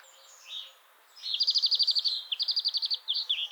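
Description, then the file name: European greenfinch song: a long, steady rattling trill broken into two runs, ending with a couple of looping chirps. "Chloris chloris"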